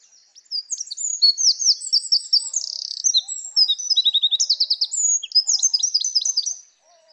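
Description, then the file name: Eurasian wren singing one long, shrill outpouring of about six seconds, fast chattering notes with rattling trills in the middle, on a quiet background. "Troglodytes troglodytes"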